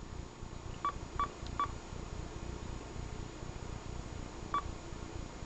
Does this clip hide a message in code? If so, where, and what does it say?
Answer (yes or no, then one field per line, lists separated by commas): no